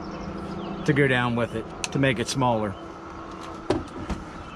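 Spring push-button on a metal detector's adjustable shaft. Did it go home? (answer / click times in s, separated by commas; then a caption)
yes / 3.7 s. Someone talks while pressing the spring push-button on a metal detector's telescoping shaft and sliding the shaft down to shorten it. A single sharp click at 3.7 seconds marks the button snapping into the next hole, locking the shaft at its new, shorter length.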